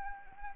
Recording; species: mosquito wingbeat signal from an infrared sensor; Anopheles arabiensis